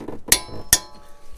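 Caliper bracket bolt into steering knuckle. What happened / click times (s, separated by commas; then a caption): The torque wrench clicked at its set value on the bolts / 0.3 s, 0.7 s. A click-type torque wrench set to 155 ft-lb tightens a front brake caliper bracket bolt into the steering knuckle on a Nissan Armada / Y62 Patrol / Infiniti QX80. Two sharp metallic clicks sound at 0.3 s and 0.7 s as the wrench reaches its setting, and the bolts are torqued down.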